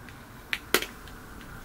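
The second lens is pushed forward with the thumbs while the sections of a Spy Touring sunglass frame are pulled outward, unseating it from the frame's groove. Two sharp pops are heard at 0.5 s and 0.7 s against a quiet background, and the lens is released from the frame.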